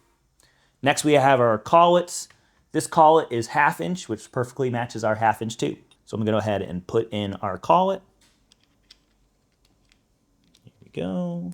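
A metal collet sized for a 1/2 in tube is handled and lined up in the clamp head of a Donut Tools TSM-1100 tube facing machine while someone talks. Between about 8.5 and 10.6 seconds only a few small, sharp handling ticks are heard. Nothing has seated or clicked yet.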